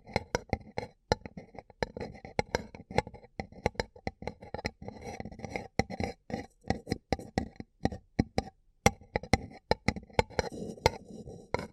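Fingers tap and scratch at a paper cup in quick, irregular bursts, with sharp crisp clicks landing several times a second throughout. Between the taps come short scratchy rustles, and the loudness jumps unevenly from hit to hit.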